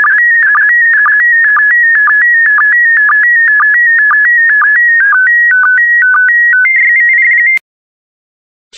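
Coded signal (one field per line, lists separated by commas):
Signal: SSTV (slow-scan television)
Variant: PD120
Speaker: Five, four, three, two, one. Transmission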